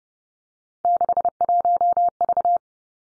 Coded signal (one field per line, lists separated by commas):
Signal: Morse code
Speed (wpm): 30 wpm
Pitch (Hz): 700 Hz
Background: none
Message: 61V